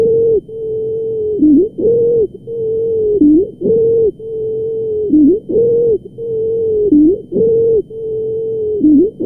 Stridor.